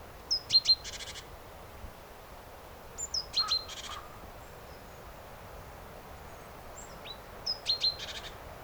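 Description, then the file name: Great tit calling: a high thin note dropping into a quick burst of scratchy churring, given three times at irregular intervals against a soft hiss. "Parus major"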